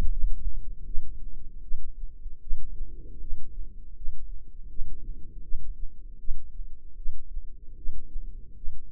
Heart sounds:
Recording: heart sounds by microphone in the left ear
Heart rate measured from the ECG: 78 bpm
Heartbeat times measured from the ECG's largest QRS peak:
0.10 s: heartbeat
0.85 s: heartbeat
1.62 s: heartbeat
2.41 s: heartbeat
3.20 s: heartbeat
3.95 s: heartbeat
4.69 s: heartbeat
5.42 s: heartbeat
6.19 s: heartbeat
6.96 s: heartbeat
7.76 s: heartbeat
8.55 s: heartbeat
From the record:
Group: healthy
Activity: light exercise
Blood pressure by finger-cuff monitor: 140/55 mmHg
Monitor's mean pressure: 78 mmHg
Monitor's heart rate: 79 bpm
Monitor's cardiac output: 8.9 L/min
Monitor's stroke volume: 113 mL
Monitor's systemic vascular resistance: 630 dyn s/cm5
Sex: male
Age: 25 years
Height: 170 cm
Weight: 70.4 kg

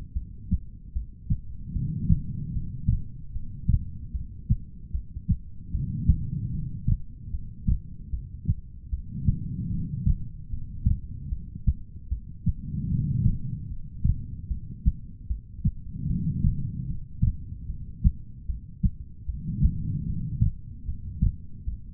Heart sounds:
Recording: heart sounds by stethoscope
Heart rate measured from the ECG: 75 bpm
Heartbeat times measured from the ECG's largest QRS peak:
0.13 s: heartbeat
0.93 s: heartbeat
1.73 s: heartbeat
2.52 s: heartbeat
3.32 s: heartbeat
4.12 s: heartbeat
4.91 s: heartbeat
5.71 s: heartbeat
6.51 s: heartbeat
7.30 s: heartbeat
8.10 s: heartbeat
8.90 s: heartbeat
9.70 s: heartbeat
10.50 s: heartbeat
11.29 s: heartbeat
12.09 s: heartbeat
12.88 s: heartbeat
13.68 s: heartbeat
14.48 s: heartbeat
15.27 s: heartbeat
16.07 s: heartbeat
16.87 s: heartbeat
17.66 s: heartbeat
18.46 s: heartbeat
19.26 s: heartbeat
20.05 s: heartbeat
20.85 s: heartbeat
21.65 s: heartbeat
From the record:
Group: heart failure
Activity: rest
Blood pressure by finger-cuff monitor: 96/64 mmHg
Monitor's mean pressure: 77 mmHg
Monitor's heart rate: 75 bpm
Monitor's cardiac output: 4.8 L/min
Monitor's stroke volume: 65 mL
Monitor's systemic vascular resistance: 1150 dyn s/cm5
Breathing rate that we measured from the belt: 17 breaths a minute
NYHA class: 2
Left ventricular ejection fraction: 58%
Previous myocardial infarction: absent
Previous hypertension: present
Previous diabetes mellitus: absent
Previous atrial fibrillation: absent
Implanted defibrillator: absent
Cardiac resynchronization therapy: absent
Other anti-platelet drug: absent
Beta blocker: bisoprolol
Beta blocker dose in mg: 5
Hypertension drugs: ramipril, spironolactone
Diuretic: furosemide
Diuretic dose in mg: 160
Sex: female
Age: 55 years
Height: 155 cm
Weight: 67 kg

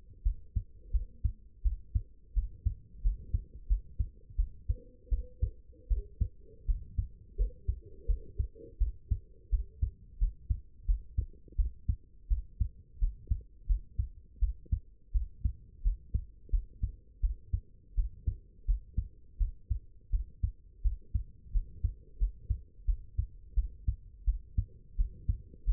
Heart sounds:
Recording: heart sounds by stethoscope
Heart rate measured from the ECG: 85 bpm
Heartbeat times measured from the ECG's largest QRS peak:
0.24 s: heartbeat
0.92 s: heartbeat
1.63 s: heartbeat
2.34 s: heartbeat
3.02 s: heartbeat
3.68 s: heartbeat
4.37 s: heartbeat
5.10 s: heartbeat
5.89 s: heartbeat
6.66 s: heartbeat
7.37 s: heartbeat
8.07 s: heartbeat
8.79 s: heartbeat
9.37 s: heartbeat
10.19 s: heartbeat
10.86 s: heartbeat
11.57 s: heartbeat
12.29 s: heartbeat
12.99 s: heartbeat
13.67 s: heartbeat
14.40 s: heartbeat
15.13 s: heartbeat
15.83 s: heartbeat
16.51 s: heartbeat
17.21 s: heartbeat
17.95 s: heartbeat
18.66 s: heartbeat
19.38 s: heartbeat
20.11 s: heartbeat
20.83 s: heartbeat
21.52 s: heartbeat
22.18 s: heartbeat
22.86 s: heartbeat
23.55 s: heartbeat
24.25 s: heartbeat
24.96 s: heartbeat
25.65 s: heartbeat
From the record:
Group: healthy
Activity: rest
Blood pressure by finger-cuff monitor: 99/63 mmHg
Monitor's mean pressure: 79 mmHg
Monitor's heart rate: 85 bpm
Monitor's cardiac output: 7.7 L/min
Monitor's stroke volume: 90 mL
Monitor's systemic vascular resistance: 740 dyn s/cm5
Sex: female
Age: 22 years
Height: 161 cm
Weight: 65.5 kg

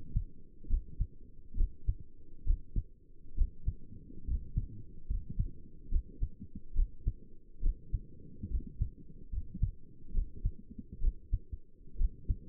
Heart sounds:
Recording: heart sounds by stethoscope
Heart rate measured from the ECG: 69 bpm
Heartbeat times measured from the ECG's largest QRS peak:
0.70 s: heartbeat
1.57 s: heartbeat
2.47 s: heartbeat
3.37 s: heartbeat
4.27 s: heartbeat
5.09 s: heartbeat
5.91 s: heartbeat
6.76 s: heartbeat
7.63 s: heartbeat
8.51 s: heartbeat
9.32 s: heartbeat
10.14 s: heartbeat
11.02 s: heartbeat
11.99 s: heartbeat
From the record:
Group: healthy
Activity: rest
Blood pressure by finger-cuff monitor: 88/58 mmHg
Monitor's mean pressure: 68 mmHg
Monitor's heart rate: 68 bpm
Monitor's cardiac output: 6.3 L/min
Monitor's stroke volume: 90 mL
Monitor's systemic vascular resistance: 780 dyn s/cm5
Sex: male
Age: 22 years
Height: 181 cm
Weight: 79 kg

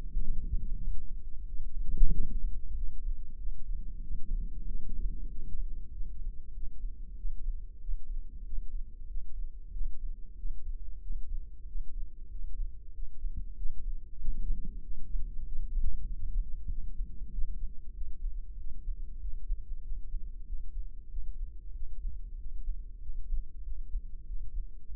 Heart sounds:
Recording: heart sounds by microphone in the left ear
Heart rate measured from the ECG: 94 bpm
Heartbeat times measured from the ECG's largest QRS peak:
0.15 s: heartbeat
0.83 s: heartbeat
1.49 s: heartbeat
2.13 s: heartbeat
2.77 s: heartbeat
3.40 s: heartbeat
4.04 s: heartbeat
4.68 s: heartbeat
5.32 s: heartbeat
5.94 s: heartbeat
6.56 s: heartbeat
7.19 s: heartbeat
7.82 s: heartbeat
8.47 s: heartbeat
9.10 s: heartbeat
9.74 s: heartbeat
10.39 s: heartbeat
11.03 s: heartbeat
11.69 s: heartbeat
12.33 s: heartbeat
12.96 s: heartbeat
13.58 s: heartbeat
14.22 s: heartbeat
14.85 s: heartbeat
15.48 s: heartbeat
16.10 s: heartbeat
16.72 s: heartbeat
17.34 s: heartbeat
17.97 s: heartbeat
18.60 s: heartbeat
19.23 s: heartbeat
19.85 s: heartbeat
20.48 s: heartbeat
21.12 s: heartbeat
21.76 s: heartbeat
22.40 s: heartbeat
23.03 s: heartbeat
23.66 s: heartbeat
24.29 s: heartbeat
24.92 s: heartbeat
From the record:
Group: healthy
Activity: rest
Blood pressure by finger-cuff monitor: 128/66 mmHg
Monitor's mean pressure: 85 mmHg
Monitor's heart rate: 94 bpm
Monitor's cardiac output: 8.5 L/min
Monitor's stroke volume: 90 mL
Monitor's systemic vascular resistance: 730 dyn s/cm5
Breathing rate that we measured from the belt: 17 breaths a minute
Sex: male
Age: 21 years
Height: 175 cm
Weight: 72.6 kg

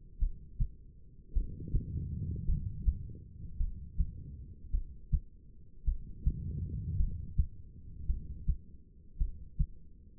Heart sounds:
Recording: heart sounds by stethoscope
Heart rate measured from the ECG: 53 bpm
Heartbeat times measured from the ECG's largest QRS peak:
0.18 s: heartbeat
1.32 s: heartbeat
2.45 s: heartbeat
3.57 s: heartbeat
4.70 s: heartbeat
5.84 s: heartbeat
6.96 s: heartbeat
8.06 s: heartbeat
9.17 s: heartbeat
From the record:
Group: heart failure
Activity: rest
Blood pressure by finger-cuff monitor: 84/61 mmHg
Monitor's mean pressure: 68 mmHg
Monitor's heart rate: 53 bpm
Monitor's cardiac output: 2.6 L/min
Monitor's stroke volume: 49 mL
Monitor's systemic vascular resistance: 1910 dyn s/cm5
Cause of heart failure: non-ischemic cardiomyopathy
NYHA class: 1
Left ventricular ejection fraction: 52%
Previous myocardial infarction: absent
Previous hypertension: absent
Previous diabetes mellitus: absent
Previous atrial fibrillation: present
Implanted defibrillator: absent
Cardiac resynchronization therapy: absent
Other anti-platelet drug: absent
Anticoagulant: apixaban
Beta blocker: bisoprolol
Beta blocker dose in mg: 10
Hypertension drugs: sacubitril-valsartan, spironolactone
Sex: female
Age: 68 years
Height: 169 cm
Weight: 71 kg

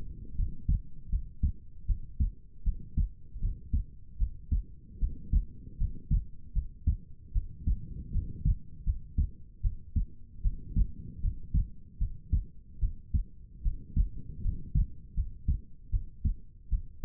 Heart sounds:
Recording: heart sounds by stethoscope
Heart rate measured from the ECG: 77 bpm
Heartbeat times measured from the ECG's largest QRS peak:
0.35 s: heartbeat
1.09 s: heartbeat
1.86 s: heartbeat
2.63 s: heartbeat
3.39 s: heartbeat
4.17 s: heartbeat
4.98 s: heartbeat
5.77 s: heartbeat
6.52 s: heartbeat
7.32 s: heartbeat
8.11 s: heartbeat
8.84 s: heartbeat
9.61 s: heartbeat
10.41 s: heartbeat
11.20 s: heartbeat
11.98 s: heartbeat
12.79 s: heartbeat
13.62 s: heartbeat
14.41 s: heartbeat
15.14 s: heartbeat
15.90 s: heartbeat
16.69 s: heartbeat
From the record:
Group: healthy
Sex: female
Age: 19 years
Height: 163 cm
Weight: 48.9 kg

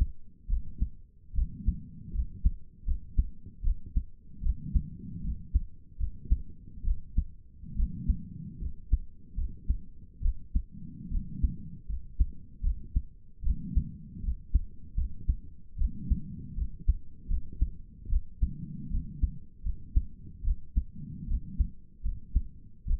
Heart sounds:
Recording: heart sounds by stethoscope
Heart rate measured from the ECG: 75 bpm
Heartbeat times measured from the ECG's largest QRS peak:
0.48 s: heartbeat
1.34 s: heartbeat
2.13 s: heartbeat
2.86 s: heartbeat
3.63 s: heartbeat
4.42 s: heartbeat
5.23 s: heartbeat
5.99 s: heartbeat
6.84 s: heartbeat
7.76 s: heartbeat
8.60 s: heartbeat
9.36 s: heartbeat
10.22 s: heartbeat
11.10 s: heartbeat
11.88 s: heartbeat
12.62 s: heartbeat
13.43 s: heartbeat
14.22 s: heartbeat
14.96 s: heartbeat
15.77 s: heartbeat
16.56 s: heartbeat
17.29 s: heartbeat
18.09 s: heartbeat
18.90 s: heartbeat
19.64 s: heartbeat
20.44 s: heartbeat
21.27 s: heartbeat
22.03 s: heartbeat
22.86 s: heartbeat
From the record:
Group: healthy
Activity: rest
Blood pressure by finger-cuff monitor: 86/53 mmHg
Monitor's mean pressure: 65 mmHg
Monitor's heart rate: 76 bpm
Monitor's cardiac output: 6.4 L/min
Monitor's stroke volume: 84 mL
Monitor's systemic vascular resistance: 720 dyn s/cm5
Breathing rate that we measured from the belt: 22 breaths a minute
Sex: female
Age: 22 years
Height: 163 cm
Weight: 67.1 kg

